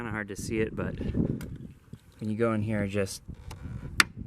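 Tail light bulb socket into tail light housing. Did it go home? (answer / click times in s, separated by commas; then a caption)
yes / 4.0 s. A tail light bulb socket is fed into the rear tail light housing of a 2008 Scion xD and turned clockwise while someone talks. A single sharp, loud click sounds at 4.0 seconds as the socket locks and seats in the housing.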